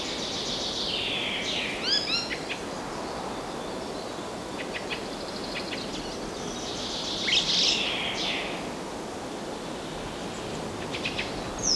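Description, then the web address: Birds chirping in short bursts, with a fast sweeping trill near two seconds and scattered high chips later, over a steady background hiss. Forest birds. "مجموعه افکت صدا حیوانات SES Animals SFX Forest Birds"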